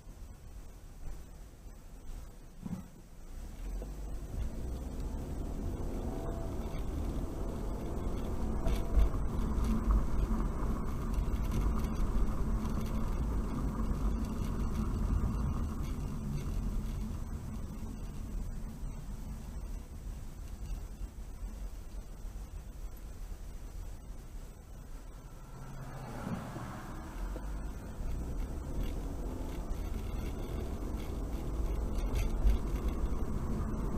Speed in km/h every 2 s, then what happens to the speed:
6, 3, 15, 24, 34, 39, 37, 32, 24, 16, 11, 10, 5, 5, 16, 27, 32.
2-11 speeds up to 39. 11-26 slows to 5. 26-34 speeds up to 32.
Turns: none.